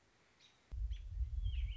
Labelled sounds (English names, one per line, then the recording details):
American Robin
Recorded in Sonoma County, California